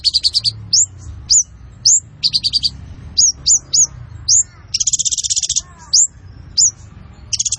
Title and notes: MASTERAN KOLIBRI NINJA FULL ISIAN DAN TEMBAKAN COCOK BUAT PANCINGAN. Suara Burung Kolibri Ninja Gacor